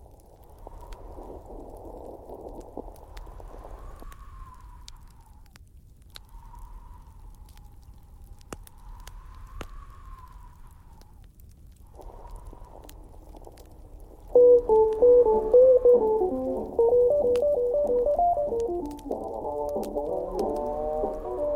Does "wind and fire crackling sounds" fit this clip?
yes